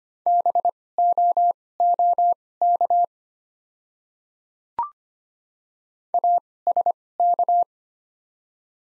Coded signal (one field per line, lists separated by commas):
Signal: Morse code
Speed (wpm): 25 wpm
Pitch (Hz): 700 Hz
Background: none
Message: BOOK ASK